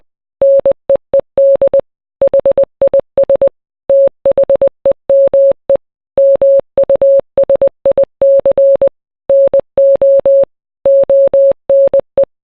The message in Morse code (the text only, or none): NEED HIS THEME MUSIC NO ONE